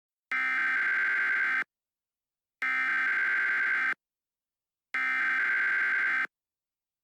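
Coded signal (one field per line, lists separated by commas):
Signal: Emergency Alert System (SAME) tones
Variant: header bursts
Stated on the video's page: Fictional emergency alert scenario about a plague.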